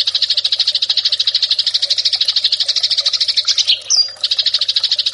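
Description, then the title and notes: Eurasian tree sparrow song of brisk, repeated scratchy chips in an unbroken run, interrupted near the end by a brief whistled slur before the chatter returns. Fighting (tarung) song style. "MASTER GEREJA TARUNG 1. burung gereja"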